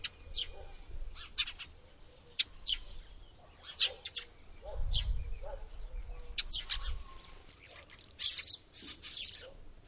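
Bird calls as scattered sharp high chirps and short downward notes, irregular and overlapping, over a low rumbling background noise.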